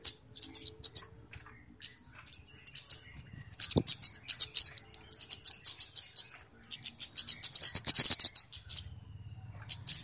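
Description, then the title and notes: Flowerpecker chattering: fast, very high, thin chirps in long dense runs with some slurred whistles, a single sharp knock before midway and faint low hum later. Clear chirping, used as a lure (pikat) for catching birds. "Kicau Burung Kemade ( Cabe Cabean) Jernih. Suara Burung Cabe Cabean Pikat"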